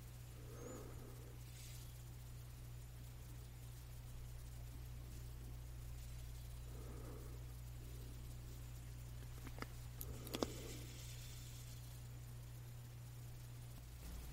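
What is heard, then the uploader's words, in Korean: Scratching and tapping on a lamp, over a steady low electrical hum that runs the whole time. Soft, brief scratching strokes come every few seconds, and a couple of sharp taps land near the ten-second mark. 조명 스크래칭 , 탭핑.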